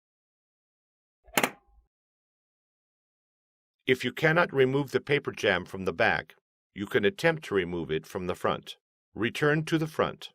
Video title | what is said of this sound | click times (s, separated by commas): Fixing a Carriage Jam HP Officejet Pro 8600 e All in One Printer HP | the duplexer to do this gently push the duplexer into the back of the printer until it snaps into place | 1.4 s